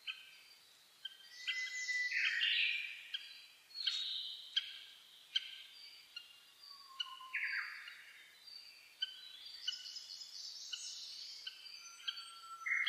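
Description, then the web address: Bird: dawn chorus of overlapping birds: loud sweeping phrases near two and eight seconds, crisp repeated high notes, and busy twittering toward the end. Dawn chorus recorded 10 May 2010 at about 04:01. "sounds data 2010 reimei DH-D 50-saezuri-20100510-0401"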